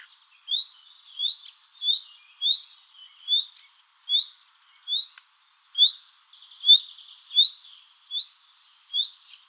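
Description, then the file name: Common nightingale uttering steady rising whistled calls about every three quarters of a second, with faint buzzy notes between some of them. "Luscinia megarhynchos"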